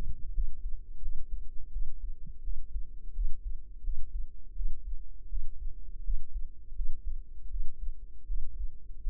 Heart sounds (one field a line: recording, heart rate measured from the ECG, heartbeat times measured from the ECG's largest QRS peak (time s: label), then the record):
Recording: heart sounds by microphone in the right ear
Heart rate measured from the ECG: 83 bpm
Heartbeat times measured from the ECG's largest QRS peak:
0.31 s: heartbeat
0.99 s: heartbeat
1.69 s: heartbeat
2.41 s: heartbeat
3.12 s: heartbeat
3.81 s: heartbeat
4.53 s: heartbeat
5.27 s: heartbeat
6.01 s: heartbeat
6.73 s: heartbeat
7.48 s: heartbeat
8.25 s: heartbeat
9.00 s: heartbeat
From the record:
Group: healthy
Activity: rest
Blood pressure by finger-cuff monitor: 126/84 mmHg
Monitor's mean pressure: 100 mmHg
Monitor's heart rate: 84 bpm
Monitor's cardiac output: 6.8 L/min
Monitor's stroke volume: 78 mL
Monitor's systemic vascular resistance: 930 dyn s/cm5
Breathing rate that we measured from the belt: 21 breaths a minute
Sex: female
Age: 22 years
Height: 160 cm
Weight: 45 kg